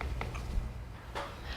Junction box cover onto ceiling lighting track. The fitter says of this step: this is the junction box cover and the beauty of this modular unit is all of these pieces just snap right into place